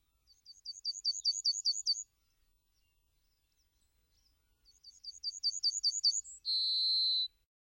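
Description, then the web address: Yellowhammer singing two phrases of fast, evenly repeated high notes, the second phrase closing with a sustained, level final note; quiet background otherwise. "Gulspurv"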